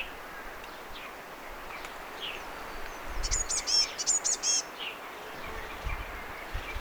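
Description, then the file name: Eurasian blue tit call: one cluster of high, thin, quickly repeated notes midway through, with faint scattered chirps over background hiss. "Cyanistes caeruleus"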